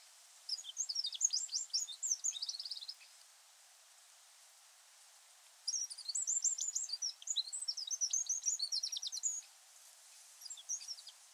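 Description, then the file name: Eurasian wren song: two energetic bursts of rapid, high trilling notes with a quiet gap between, and a short fragment near the end. "Troglodytes troglodytes"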